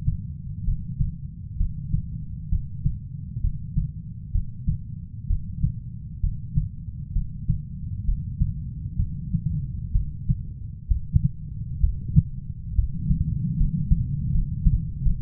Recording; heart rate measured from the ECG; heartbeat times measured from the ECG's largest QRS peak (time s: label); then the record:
heart sounds by stethoscope; 67 bpm
0.64 s: heartbeat
1.57 s: heartbeat
2.49 s: heartbeat
3.41 s: heartbeat
4.32 s: heartbeat
5.27 s: heartbeat
6.20 s: heartbeat
7.12 s: heartbeat
8.05 s: heartbeat
8.96 s: heartbeat
9.92 s: heartbeat
10.88 s: heartbeat
11.80 s: heartbeat
12.75 s: heartbeat
13.57 s: heartbeat
14.31 s: heartbeat
15.03 s: heartbeat
From the record:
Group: healthy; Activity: breath hold 0-7 s, rest 7-15 s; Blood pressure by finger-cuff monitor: 131/61 mmHg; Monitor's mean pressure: 81 mmHg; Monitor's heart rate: 65 bpm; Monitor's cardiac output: 6.1 L/min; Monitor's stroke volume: 94 mL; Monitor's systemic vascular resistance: 960 dyn s/cm5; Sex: female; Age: 37 years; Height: 168 cm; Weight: 70 kg